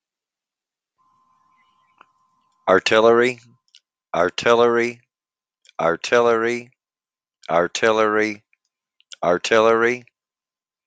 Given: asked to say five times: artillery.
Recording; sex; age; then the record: repeated word; male; 50 to 59 years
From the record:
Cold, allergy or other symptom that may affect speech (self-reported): no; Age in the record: 58 years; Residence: Michigan, United States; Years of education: 12